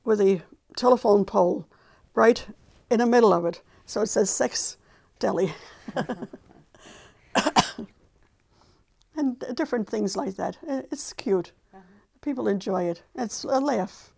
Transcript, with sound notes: with the telephone pole right in the middle of it, so it says, "Sex Deli." (she laughs) And different things like. It's cute. People enjoy it. It's a laugh.